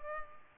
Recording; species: mosquito wingbeat signal from an infrared sensor; Culex pipiens